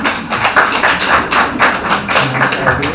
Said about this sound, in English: Clap for her, please.